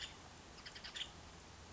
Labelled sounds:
Nuttall's Woodpecker
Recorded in Sonoma County, California

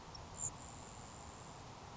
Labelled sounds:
Grasshopper Sparrow
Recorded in Sonoma County, California

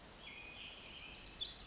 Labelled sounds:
Pacific Wren
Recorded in Sonoma County, California

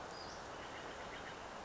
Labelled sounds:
Western Flycatcher
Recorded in Sonoma County, California

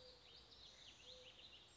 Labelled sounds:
Mourning Dove
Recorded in Sonoma County, California

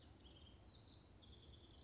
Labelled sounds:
House Wren
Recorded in Sonoma County, California

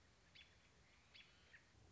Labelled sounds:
American Robin
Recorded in Sonoma County, California

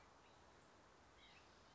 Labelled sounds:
White-breasted Nuthatch
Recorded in Sonoma County, California

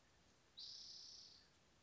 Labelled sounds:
Spotted Towhee
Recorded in Sonoma County, California

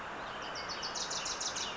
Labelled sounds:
Wilson's Warbler
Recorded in Sonoma County, California

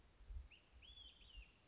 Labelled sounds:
Olive-sided Flycatcher
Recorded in Sonoma County, California

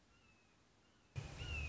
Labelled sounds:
Red-shouldered Hawk
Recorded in Sonoma County, California

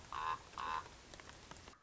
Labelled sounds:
Common Raven
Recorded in Sonoma County, California

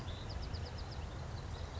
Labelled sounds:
Bewick's Wren
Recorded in Sonoma County, California

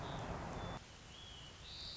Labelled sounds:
White-crowned Sparrow
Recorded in Sonoma County, California

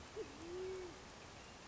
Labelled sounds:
Band-tailed Pigeon
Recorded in Sonoma County, California

